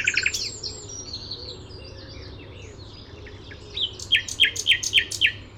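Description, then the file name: Common nightingale song opens with a bright trilled burst and a quieter warbling stretch, then ends in a loud series of sharp repeated notes in quick succession. "Luscinia megarhynchos"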